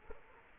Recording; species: mosquito wingbeat signal from an infrared sensor; Culex quinquefasciatus